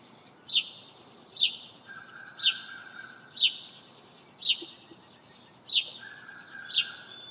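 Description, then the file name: House sparrow calling with short, bright, descending chirps repeated roughly once a second, while a faint steady whistle-like tone sounds at times underneath. "Passer domesticus"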